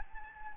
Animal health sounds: mosquito wingbeat signal from an infrared sensor; Anopheles gambiae

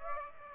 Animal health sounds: mosquito wingbeat signal from an infrared sensor; Aedes aegypti

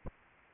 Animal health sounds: mosquito wingbeat signal from an infrared sensor; Anopheles arabiensis

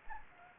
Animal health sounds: mosquito wingbeat signal from an infrared sensor; Anopheles gambiae

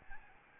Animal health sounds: mosquito wingbeat signal from an infrared sensor; Aedes albopictus

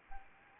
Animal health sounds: mosquito wingbeat signal from an infrared sensor; Anopheles arabiensis

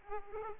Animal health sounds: mosquito wingbeat signal from an infrared sensor; Aedes aegypti

